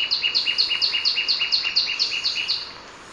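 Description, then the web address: Sepia-brown Wren song: quick, evenly spaced bright notes that stop after about two and a half seconds. Ecuador. "Natures Songs S America Birds of Ecuador Sepia-brown Wren"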